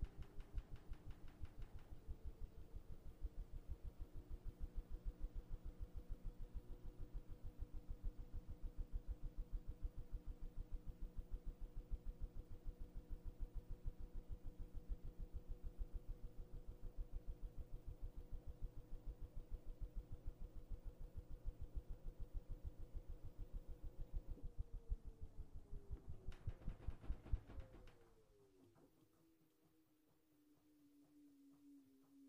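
A washing machine runs with a steady motor hum and a fast, regular churning pulse for most of the clip. Near the 25-second mark the tone shifts and a brief loud burst follows, then the machine quiets sharply while a lower whine winds down.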